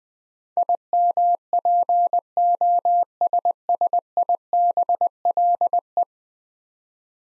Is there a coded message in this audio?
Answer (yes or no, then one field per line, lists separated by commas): yes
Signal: Morse code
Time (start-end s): 0.6-6.0 s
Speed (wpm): 20 wpm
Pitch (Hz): 700 Hz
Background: none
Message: IMPOSSIBLE